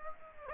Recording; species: mosquito wingbeat signal from an infrared sensor; Aedes aegypti